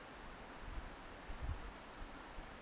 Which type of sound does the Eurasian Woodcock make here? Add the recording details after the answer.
whistle. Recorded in Baden-Württemberg, Germany, on 30 May 2021 at 20:02 UTC. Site 43323, 910 m above sea level